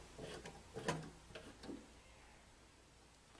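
A Tuttnauer E-Series autoclave door is closed and tightened down toward its door interlock switch, with a few short knocks and rattles of handling, the loudest near 0.9 s, before the sound fades to near quiet. The door switch has not clicked yet, and nothing has seated.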